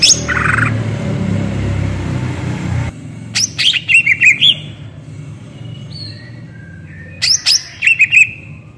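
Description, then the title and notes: Greater green leafbird singing brief clusters of high chips and slurred notes after an opening stretch of broad rumbling noise, with a quiet hiss underneath. Actively singing in the ngentrok style with crest raised; recording used to train captive birds. "Cucak Ijo Gacor Ngentrok Jambul Nembak. suara burung cucak ijo gacor, merdu cocok buat masteran burung cucak ijo"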